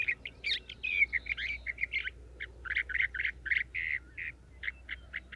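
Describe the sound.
Sage thrasher delivering a quick warbling song of buzzy and clear whistled notes, short phrases tumbling together over a soft hiss of background noise.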